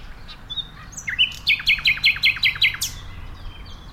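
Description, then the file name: Common nightingale phrase: a rising note, then about seven crisp repeated chirps in quick succession, ending with a sharp high flick. "Luscinia megarhynchos"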